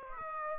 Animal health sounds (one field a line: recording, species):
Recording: mosquito wingbeat signal from an infrared sensor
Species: Aedes aegypti